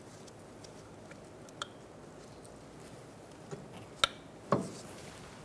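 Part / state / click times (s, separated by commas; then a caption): ABS wheel speed sensor connector into vehicle wiring harness connector / seated / 4.0 s. A new rear ABS wheel speed sensor's plastic electrical connector is plugged into the vehicle's wiring harness connector on a 2004–2009 Mazda 3 2.3L L4. A few faint ticks are followed by a sharp click at 4.0 s as the latch snaps home, then a duller knock just after. The connector is seated.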